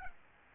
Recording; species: mosquito wingbeat signal from an infrared sensor; Aedes albopictus